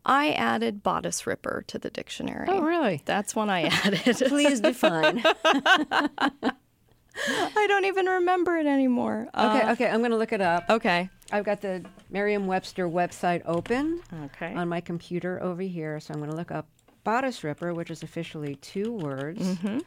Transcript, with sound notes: I added bodice ripper to the dictionary.
Oh, really?
That's one I added (laughter).
Please define.
(LAUGHTER)
I don't even remember it anymore.
OK, OK. I'm going to look it up.
OK.
I've got the Merriam-Webster website open...
OK.
...On my computer over here. So I'm going to look up bodice ripper, which is officially two words.